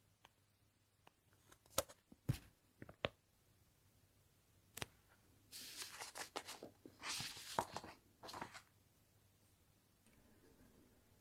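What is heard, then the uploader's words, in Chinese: A pencil writes on paper. Sharp taps and short strokes come first, then from about five to nine seconds a denser run of scratchy, bright scribbling. The sound has a faint low hum underneath. 铅笔写字沙沙声。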